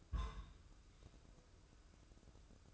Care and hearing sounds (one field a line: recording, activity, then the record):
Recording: daily activity, microphone in the room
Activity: place on stove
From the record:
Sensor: 2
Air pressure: 995.3 hPa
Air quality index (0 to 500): 79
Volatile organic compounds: 3 ppm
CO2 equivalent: 1412 ppm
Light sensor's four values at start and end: 23/74/29/27 and 23/74/29/27